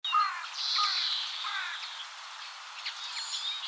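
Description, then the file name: European greenfinch uttering a long nasal wheeze after quick twittering trills, followed by scattered thin chirps. "Chloris chloris"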